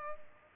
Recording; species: mosquito wingbeat signal from an infrared sensor; Culex pipiens